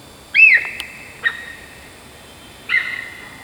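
Deer calls: three clear whistled notes, the first arching up then sliding down, a brief clipped note, then a longer flat whistle that fades.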